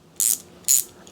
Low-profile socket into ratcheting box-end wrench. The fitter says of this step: So this right here is a 10 millimeter, happens to be also a Tona, and they snap right in like that.